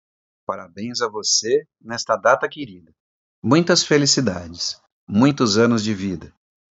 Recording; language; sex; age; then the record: short text; Brazilian Portuguese; male; 40 to 49 years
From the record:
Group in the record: control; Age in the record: 44 years